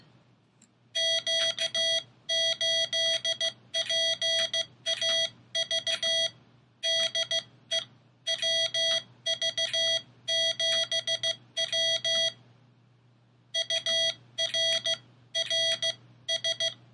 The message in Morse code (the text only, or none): Q8PAV DE WV7W UR RS